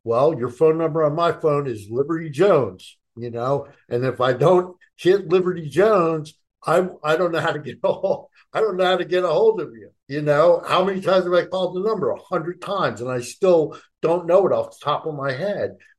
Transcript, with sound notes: Well, your phone number on my phone is Liberty Jones, you know? And if I don't hit Liberty Jones, I'm, I don't know how to get ahold (laughs) I don't know how to get ahold of you. You know? How many times have I called the number? 100 times, and I still don't know it off the top of my head.